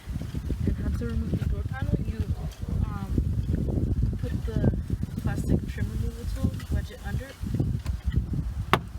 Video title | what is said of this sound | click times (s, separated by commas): 2007-2012 Nissan Versa Window Regulator and Motor Replacement | You should hear it snap or pop, and | 8.7 s